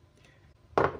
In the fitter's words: Pas sudah pas posisinya kita dorong sampai bunyi ceklik-ceklik.